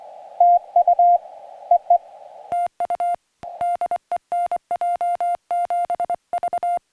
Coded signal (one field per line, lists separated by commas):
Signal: Morse code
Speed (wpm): 21 wpm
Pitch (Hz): 700 Hz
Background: music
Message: TU EE TU DE NJ7V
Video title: Summits on the Air 2M SSB and CW Contacts on the PackTenna TrekMount